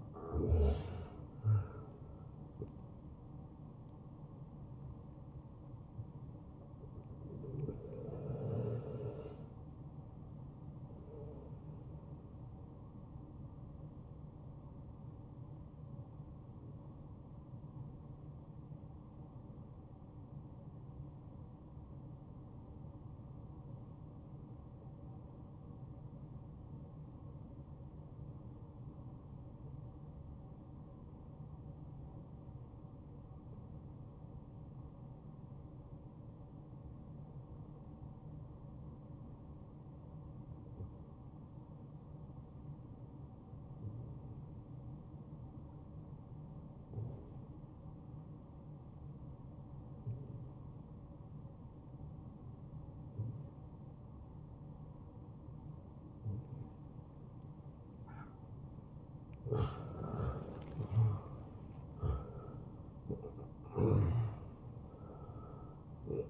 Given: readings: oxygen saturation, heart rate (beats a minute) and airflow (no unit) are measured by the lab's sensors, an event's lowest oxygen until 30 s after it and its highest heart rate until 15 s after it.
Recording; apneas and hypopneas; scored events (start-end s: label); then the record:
breathing in sleep by a smartphone at the bedside; 1
11.00-41.00 s: new sleep stage, N1 (lightest sleep)
19.00-56.40 s: obstructive apnea (N1, oxygen 96% highest, then 86% lowest, heart rate 64 at the start, 74 highest)
41.00-66.30 s: new sleep stage, N2 (light sleep)
From the record:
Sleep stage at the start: N2 (light sleep); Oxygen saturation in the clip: 88 to 96%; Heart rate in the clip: 56 to 76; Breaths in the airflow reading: 5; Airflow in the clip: -13.3 to 8.3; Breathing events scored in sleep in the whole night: 263 in 5.5 hours asleep